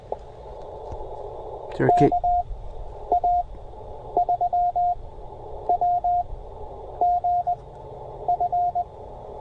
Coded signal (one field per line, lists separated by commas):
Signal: Morse code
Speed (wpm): 19 wpm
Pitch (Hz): 710 Hz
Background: none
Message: KA3WGF